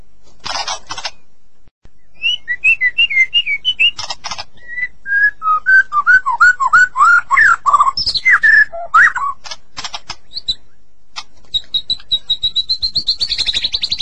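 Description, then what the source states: White-eye song: a series of short slurred whistles rising and falling, broken by buzzy bursts, then a rapid high trill that runs to the end. Continuous rolling song style ("ngerol"), wild-sounding forest-type delivery ("ngalas").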